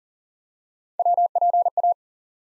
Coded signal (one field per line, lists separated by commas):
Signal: Morse code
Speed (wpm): 42 wpm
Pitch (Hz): 700 Hz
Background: none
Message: WPA